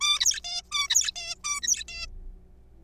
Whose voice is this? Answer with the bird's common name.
Zebra Finch